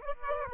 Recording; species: mosquito wingbeat signal from an infrared sensor; Aedes aegypti